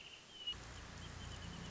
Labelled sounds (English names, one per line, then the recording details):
Wrentit
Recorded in Sonoma County, California